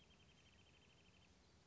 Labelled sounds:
Wrentit (Chamaea fasciata)
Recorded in Sonoma County, California

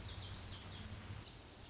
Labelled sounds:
Lazuli Bunting (Passerina amoena)
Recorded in Sonoma County, California

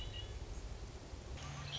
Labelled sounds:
Red-winged Blackbird (Agelaius phoeniceus)
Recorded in Sonoma County, California

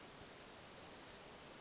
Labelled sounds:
Brown Creeper (Certhia americana)
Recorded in Sonoma County, California

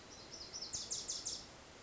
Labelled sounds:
Wilson's Warbler (Cardellina pusilla)
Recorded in Sonoma County, California

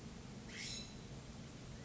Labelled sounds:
California Scrub-Jay (Aphelocoma californica)
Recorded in Sonoma County, California

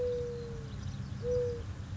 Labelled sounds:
Mourning Dove (Zenaida macroura)
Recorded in Sonoma County, California

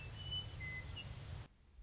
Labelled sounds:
Western Meadowlark (Sturnella neglecta)
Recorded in Sonoma County, California

